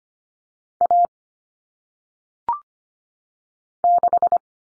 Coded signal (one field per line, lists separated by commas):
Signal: Morse code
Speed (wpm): 25 wpm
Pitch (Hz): 700 Hz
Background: none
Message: A 6